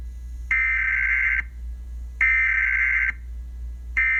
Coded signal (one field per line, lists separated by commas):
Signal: Emergency Alert System (SAME) tones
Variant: header bursts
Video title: EAS Scenario | Five Nights At Freddy’s 2861